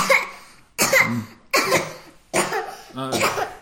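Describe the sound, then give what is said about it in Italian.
Five harsh, forceful coughs in a steady series from the wolf with the coronavirus in a reading of Little Red Riding Hood, each a sharp burst that trails off, the last one rougher and more voiced, with no talking in between. “Continuava a tossire intanto.”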